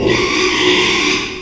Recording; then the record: squeal of a Yucatan mini pig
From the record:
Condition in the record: after surgery on the right vocal fold (resection and tissue-engineered implant); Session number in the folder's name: 1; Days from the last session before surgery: 6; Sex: male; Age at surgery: 12 weeks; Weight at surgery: 13 kg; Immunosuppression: cyclosporine, prednisolone